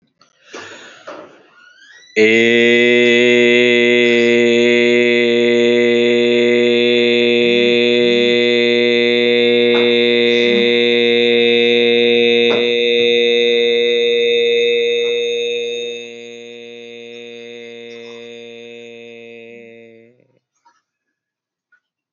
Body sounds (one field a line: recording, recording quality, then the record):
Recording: sustained vowel as in made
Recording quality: excellent, no background noise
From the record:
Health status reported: healthy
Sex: male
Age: 36 years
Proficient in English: yes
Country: India